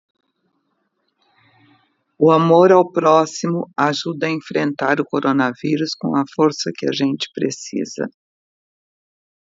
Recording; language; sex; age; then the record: spoken sentence; Brazilian Portuguese; female; 60 to 69 years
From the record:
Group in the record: control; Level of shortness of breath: 0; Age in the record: 65 years